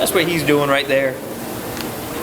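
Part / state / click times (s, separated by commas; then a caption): snap fastener on a garment / seated / 1.8 s. A snap fastener on a garment is pressed closed to jokingly "button up" an interview. Someone talks at the start, then a single sharp snap is heard at 1.8 s as the button snaps shut.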